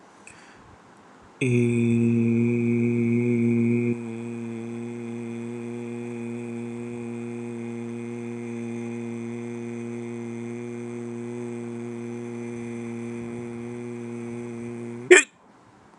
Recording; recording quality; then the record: sustained vowel as in made; excellent, no background noise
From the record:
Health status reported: healthy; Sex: male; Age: 28 years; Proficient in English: yes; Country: India